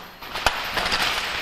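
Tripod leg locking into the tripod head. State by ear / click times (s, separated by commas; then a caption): seated / 0.5 s. An aluminum DBI-SALA 8000000 confined-space retrieval tripod leg is pulled out until it locks into its extended position in the tripod head, a feature that keeps the legs from flopping around. Over steady broadband noise, a single sharp hit at 0.5 s marks the lock engaging, and the leg is seated and locked into place.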